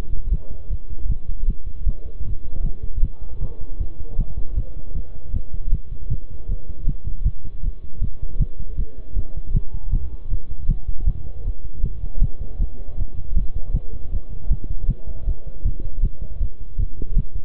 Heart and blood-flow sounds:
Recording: heart sounds by stethoscope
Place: between the tricuspid and mitral areas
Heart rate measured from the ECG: 157 bpm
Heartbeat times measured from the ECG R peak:
0.32 s: heartbeat
0.71 s: heartbeat
1.10 s: heartbeat
1.48 s: heartbeat
1.87 s: heartbeat
2.26 s: heartbeat
2.65 s: heartbeat
3.03 s: heartbeat
3.41 s: heartbeat
3.81 s: heartbeat
4.19 s: heartbeat
4.57 s: heartbeat
4.96 s: heartbeat
5.34 s: heartbeat
5.72 s: heartbeat
6.11 s: heartbeat
6.49 s: heartbeat
6.87 s: heartbeat
7.25 s: heartbeat
7.64 s: heartbeat
8.02 s: heartbeat
8.40 s: heartbeat
8.78 s: heartbeat
9.16 s: heartbeat
9.55 s: heartbeat
9.92 s: heartbeat
10.31 s: heartbeat
10.69 s: heartbeat
11.07 s: heartbeat
11.45 s: heartbeat
11.84 s: heartbeat
12.22 s: heartbeat
12.60 s: heartbeat
12.98 s: heartbeat
13.36 s: heartbeat
13.74 s: heartbeat
14.12 s: heartbeat
14.51 s: heartbeat
14.89 s: heartbeat
15.27 s: heartbeat
15.65 s: heartbeat
16.03 s: heartbeat
16.41 s: heartbeat
16.79 s: heartbeat
17.17 s: heartbeat
From the record:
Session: bicycle stress test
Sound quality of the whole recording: good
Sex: male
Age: 23 years

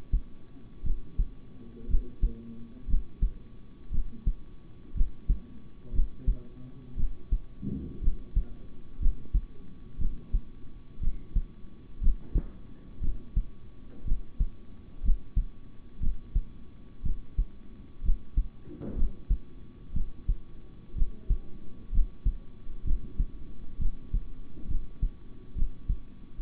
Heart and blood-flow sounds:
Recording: heart sounds by stethoscope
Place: between the tricuspid and mitral areas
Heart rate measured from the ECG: 61 bpm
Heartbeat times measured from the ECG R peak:
0.83 s: heartbeat
1.87 s: heartbeat
2.87 s: heartbeat
3.91 s: heartbeat
4.94 s: heartbeat
5.92 s: heartbeat
6.96 s: heartbeat
8.01 s: heartbeat
8.99 s: heartbeat
9.98 s: heartbeat
11.00 s: heartbeat
12.00 s: heartbeat
13.00 s: heartbeat
14.04 s: heartbeat
15.02 s: heartbeat
15.99 s: heartbeat
17.02 s: heartbeat
18.02 s: heartbeat
18.95 s: heartbeat
19.93 s: heartbeat
20.95 s: heartbeat
21.91 s: heartbeat
22.84 s: heartbeat
23.78 s: heartbeat
24.67 s: heartbeat
25.55 s: heartbeat
26.38 s: heartbeat
From the record:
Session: rest, sitting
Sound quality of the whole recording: good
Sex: male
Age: 26 years

